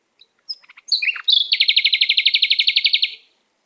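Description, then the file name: Canary singing: a few scattered high notes, then one long rapid rattling trill of many even pulses that stops abruptly. "Canary Voice"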